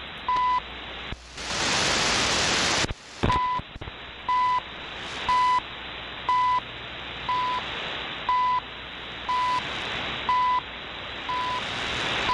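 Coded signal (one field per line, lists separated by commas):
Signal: radio time signal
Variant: CHU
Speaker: now we're going back to the w6 LVP loop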